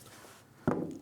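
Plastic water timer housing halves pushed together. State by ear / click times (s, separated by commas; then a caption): seated / 0.7 s. The two halves of the plastic housing of a Claber Aquadue Duplo water timer are pushed back together by hand after the valve wires are connected. After a quiet stretch, a single sharp click is heard at 0.7 s, followed by a short, fading low-mid rattle. The housing snaps shut and is seated in place.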